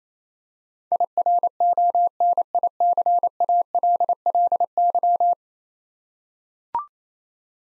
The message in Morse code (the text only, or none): IRONICALLY